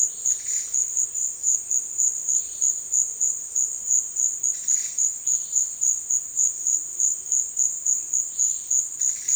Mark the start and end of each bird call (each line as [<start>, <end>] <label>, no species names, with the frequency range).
[0.25, 0.87] bird call (1.0-8.0 kHz)
[4.55, 5.15] bird call (1.0-8.8 kHz)
[8.77, 9.35] bird call (0.9-7.9 kHz)